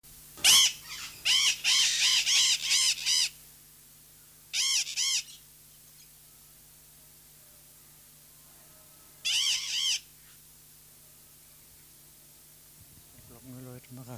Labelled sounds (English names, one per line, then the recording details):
Blue-winged Macaw call
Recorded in captivity
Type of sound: call
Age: adult
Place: Zoo Berlin, Berlin, DE
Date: 2003-09-15 17:19
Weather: fair, 21°C
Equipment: Fair Mate ST-1328 (Asahi Electronics, Japan), Sennheiser ME 80, Kopie Uher 4000 Report Monitor
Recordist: Tembrock, Günter
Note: Ansage: Maracana, Zwergara (Ara maracana): Lautfolgen (Entfernung ca. 1 m). Starkes Grundrauschen